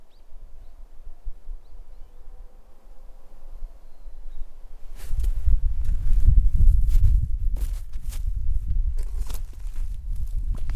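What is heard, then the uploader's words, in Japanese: Footsteps crunch through snow outdoors, starting after about five seconds of quiet low rumble. The steps come heavy, each a short crisp crunch with a deep thud underneath, repeating roughly twice a second until the end. 雪を踏む音/樹海の秘境の富士山。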